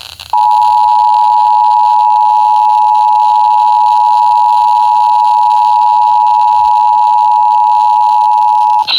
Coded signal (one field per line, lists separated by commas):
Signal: Emergency Alert System (SAME) tones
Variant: 853 and 960 Hz attention tone